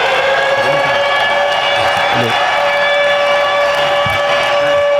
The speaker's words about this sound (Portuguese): Olha isso aí. Vai ter uma sirene.